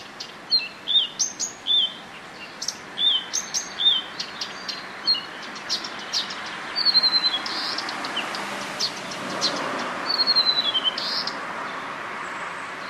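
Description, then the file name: Blyth's reed warbler giving bursts of high chirping and whistled notes, followed by a broad rushing noise that swells and blends with the later phrases. "buschrohrsaenger"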